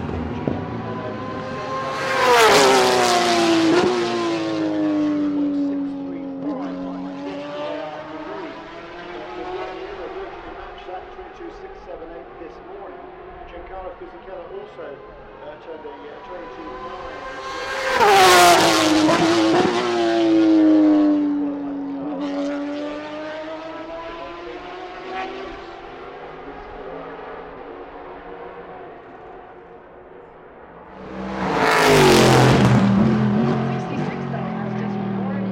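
GT race cars scream past during qualifying, three passes at about 3, 18 and 32 seconds, each a loud rush whose engine note drops sharply as the car goes by. Between passes, engines keep droning and shifting gears.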